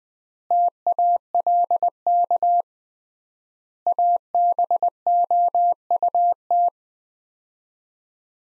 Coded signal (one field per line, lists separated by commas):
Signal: Morse code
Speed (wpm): 20 wpm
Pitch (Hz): 700 Hz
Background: none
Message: TALK ABOUT